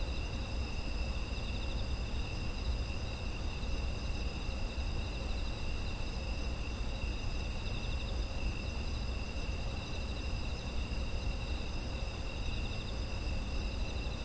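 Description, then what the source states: Insects trill continuously in a multi-pitched high chorus, slightly pulsing in places, over a steady low background rumble. Autumn insect ambience.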